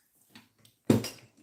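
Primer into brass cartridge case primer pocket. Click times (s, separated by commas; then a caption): 0.9 s. A primer that had been sitting slightly proud is pressed further into the primer pocket of a brass cartridge case after the powder is dumped from the round during reloading. A faint tap comes at 0.4 s, then a sharp click at 0.9 s that rings briefly. The primer is now fully seated in the case pocket.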